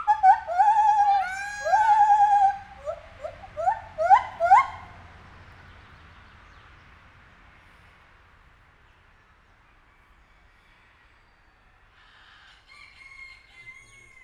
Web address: allathangok nyiregyhazizoo 2019 professzionalis feherkezu gibbon kisebbnagyobbszunetekkel nyiregyhaza